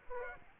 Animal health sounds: mosquito wingbeat signal from an infrared sensor; Aedes aegypti

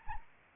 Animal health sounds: mosquito wingbeat signal from an infrared sensor; Anopheles arabiensis

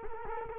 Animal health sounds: mosquito wingbeat signal from an infrared sensor; Culex quinquefasciatus

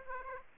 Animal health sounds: mosquito wingbeat signal from an infrared sensor; Aedes aegypti

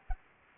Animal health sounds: mosquito wingbeat signal from an infrared sensor; Anopheles gambiae

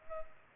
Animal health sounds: mosquito wingbeat signal from an infrared sensor; Culex pipiens

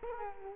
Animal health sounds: mosquito wingbeat signal from an infrared sensor; Culex quinquefasciatus

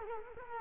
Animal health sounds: mosquito wingbeat signal from an infrared sensor; Culex quinquefasciatus

